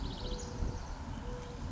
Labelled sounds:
Mourning Dove
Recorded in Sonoma County, California

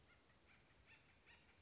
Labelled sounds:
Acorn Woodpecker
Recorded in Sonoma County, California

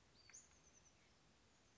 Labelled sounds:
Western Flycatcher
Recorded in Sonoma County, California

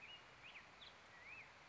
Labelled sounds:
Black-headed Grosbeak
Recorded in Sonoma County, California

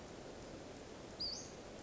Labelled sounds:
Western Flycatcher
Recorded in Sonoma County, California

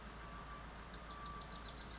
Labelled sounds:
Wilson's Warbler
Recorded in Sonoma County, California

